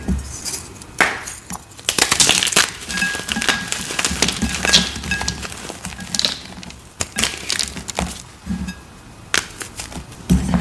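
Chalk bombs and cornstarch pieces crushed in quick, dense bursts of crisp crunching and crackling, with short pauses and a few brighter clinks.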